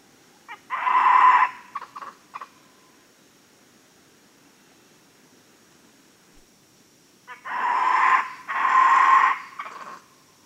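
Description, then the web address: White-throated capuchin making long, loud, raspy screeching calls in two bouts, the second extended and broken, with a faint high whine behind. Primate of the South American rainforest. "Natures Songs S America Primates of the Rainforest White-throated capuchin monkey"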